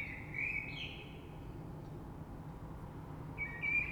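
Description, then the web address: Common blackbird giving two short fluty phrases, one at the start and one at the end, separated by quiet low rumble. Recorded 3 March 2020. "oiseaux Rush Merle 3-3-2020"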